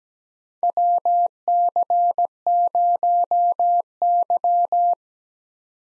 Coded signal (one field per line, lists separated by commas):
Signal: Morse code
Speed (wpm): 17 wpm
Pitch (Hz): 700 Hz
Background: none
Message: WC0Y